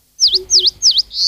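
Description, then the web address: Eastern crowned warbler song: three loud, high, V-shaped sweeping notes in quick succession, each dipping then rising, followed by the start of a fourth high note. "sikioto. sendaimushikui"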